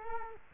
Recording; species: mosquito wingbeat signal from an infrared sensor; Culex quinquefasciatus